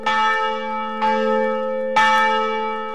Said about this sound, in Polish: Po uroczystościach na Wawelu zabrzmiał również najmłodszy dzwon Jan Paweł II, ufundowany z okazji kanonizacji papieża.